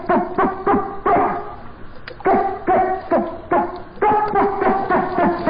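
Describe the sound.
Dolphin chatter: rapid bursts of harmonic, squeaky pulses with falling tails, several per second, in runs separated by short pauses.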